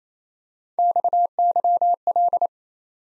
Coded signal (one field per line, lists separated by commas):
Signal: Morse code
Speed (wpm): 28 wpm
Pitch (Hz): 700 Hz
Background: none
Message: XYL